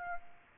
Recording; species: mosquito wingbeat signal from an infrared sensor; Aedes aegypti